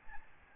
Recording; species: mosquito wingbeat signal from an infrared sensor; Aedes albopictus